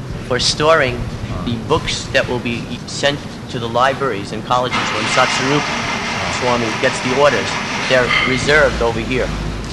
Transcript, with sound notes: for storing the books that will be sent to the libraries and colleges. [engine starts] When Satsvarūpa Swami gets the orders, they are reserved over here,